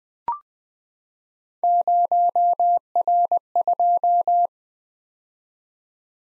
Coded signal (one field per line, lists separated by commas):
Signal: Morse code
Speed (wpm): 20 wpm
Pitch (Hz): 700 Hz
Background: none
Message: 0R2